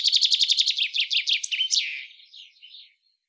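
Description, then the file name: Common chaffinch song, a rapid series of repeated chirps descending in pitch, finishing with a rattling flourish and softer trailing notes. "Fringilla coelebs"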